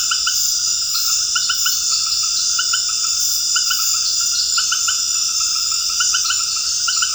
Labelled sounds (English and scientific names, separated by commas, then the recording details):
none
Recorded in dense forest near Puerto Asís, Putumayo, Colombia, on 18 February 2024 at 20:30
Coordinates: 0.485, -76.325
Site G6429